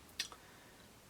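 A clip-on part of a die-cast toy car is pressed into place and clips in. A sharp, bright tick is heard at 0.2 s, followed by a fainter tick at 0.3 s, against a quiet background. The part is seated.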